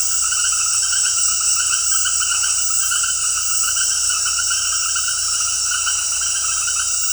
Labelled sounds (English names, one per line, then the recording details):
none
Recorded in dense forest near Puerto Asís, Putumayo, Colombia, on 21 February 2024 at 20:30
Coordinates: 0.487, -76.319
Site G6403